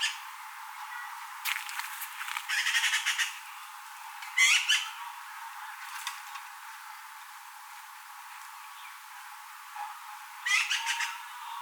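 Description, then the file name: Eurasian magpie giving harsh, rattling chatter in short bursts of rapid clicks, scattered irregularly throughout over a steady hiss. "Pica pica"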